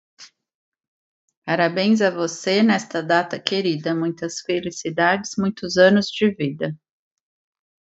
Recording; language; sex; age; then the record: short text; Brazilian Portuguese; female; 30 to 39 years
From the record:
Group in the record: control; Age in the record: 38 years